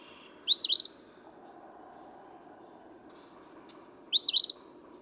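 Eastern phoebe giving two burry song phrases a few seconds apart.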